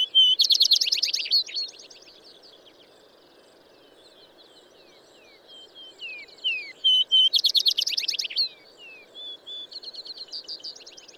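Bird song: two loud rapid trills, each introduced by a pure whistle, separated by soft chattering and downslurred notes, with steady faint background noise.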